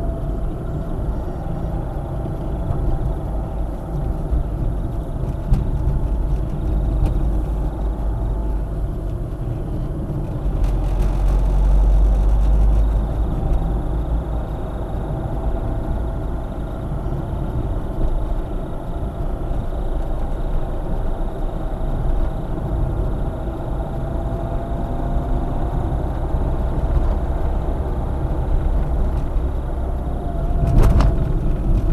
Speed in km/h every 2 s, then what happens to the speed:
38, 37, 36, 36, 31, 35, 42, 42, 40, 41, 42, 45, 46, 49, 45, 38.
0-9 steady at about 36. 9-13 speeds up to 42. 17-26 speeds up to 49. 26-32 slows to 38.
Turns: none.